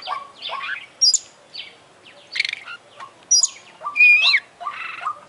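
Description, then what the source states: Oriental magpie-robin song of separate varied phrases: scratchy notes, sharp high whistles and a long steady whistle, with pauses between. Champion bird singing prolifically ('gacor'); part of a selected compilation of tutoring bird songs ('masteran').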